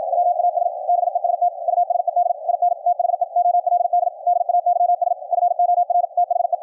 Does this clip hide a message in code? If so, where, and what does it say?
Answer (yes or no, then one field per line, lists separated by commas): yes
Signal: Morse code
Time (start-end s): 0.1-6.5 s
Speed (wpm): 53 wpm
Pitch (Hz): 710 Hz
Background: radio noise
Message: WAS BEST USED IN THE OLD DAYS FOR THE